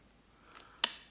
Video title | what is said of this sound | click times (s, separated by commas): Is the Klim Krios Pro Helmet Worth the $700 Price Tag? | there you go you hear it click it goes back together it's super fast honestly super convenient | 0.8 s